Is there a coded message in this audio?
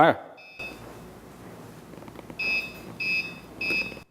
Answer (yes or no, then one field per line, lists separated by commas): no